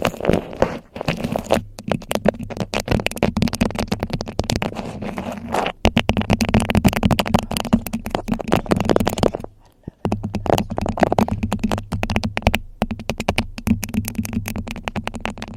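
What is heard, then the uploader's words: Fast, aggressive ASMR triggers: dense crinkling, tapping and scratching that run almost without pause, with a steady low hum underneath. Brief breaks come just before 1, near 6 and around 9.5 to 10 seconds, and then the rapid clicking and rustling starts again. ASMR Unpredictable Fast & Aggressive Trigger Assortment. Fast & Aggressive Trigger Assortment (Beeswax Wrap, Mic Triggers, Fidget Toys).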